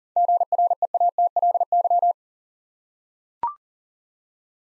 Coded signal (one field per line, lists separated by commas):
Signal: Morse code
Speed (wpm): 38 wpm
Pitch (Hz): 700 Hz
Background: none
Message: GREATLY